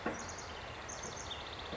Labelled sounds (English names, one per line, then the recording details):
House Wren
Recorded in Sonoma County, California